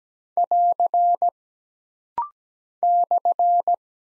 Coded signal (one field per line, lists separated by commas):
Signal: Morse code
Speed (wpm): 17 wpm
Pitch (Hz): 700 Hz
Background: none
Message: <AR> /